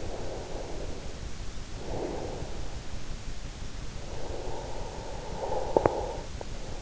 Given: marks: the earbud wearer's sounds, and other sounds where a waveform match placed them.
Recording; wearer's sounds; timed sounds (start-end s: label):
sounds in sleep by an in-ear microphone; breath
0.16-2.58 s: breath
4.07-6.82 s: breath